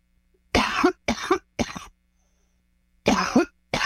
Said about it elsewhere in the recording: East Palestine resident and community organizer. My coughing fit's gone. It's after being in town for a couple of days. My voice is so, you can hear how hoarse I am.